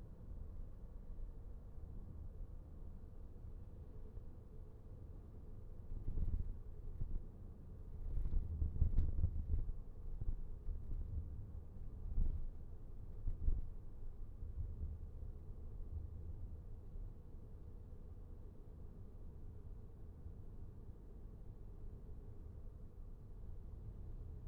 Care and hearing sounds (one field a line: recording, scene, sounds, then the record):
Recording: everyday scene through a hearing-aid microphone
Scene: in a vehicle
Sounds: engine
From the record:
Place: VW T5 Caravelle, diesel engine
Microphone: behind the ear, right, front